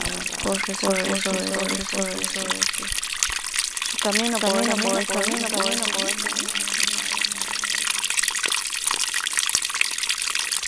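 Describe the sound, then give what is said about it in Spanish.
Stream water in the Chaco rushes in a steady, broad hiss throughout, while a voice speaks over it in two stretches before fading out, leaving the flowing water alone at the end. “Mire cómo el agua corre sobre su camino, puedo decir, ¿no?”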